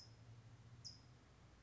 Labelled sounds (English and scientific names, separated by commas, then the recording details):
California Towhee (Melozone crissalis)
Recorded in Sonoma County, California